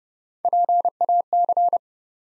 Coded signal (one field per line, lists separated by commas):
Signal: Morse code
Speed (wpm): 28 wpm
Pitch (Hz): 700 Hz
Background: none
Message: PAC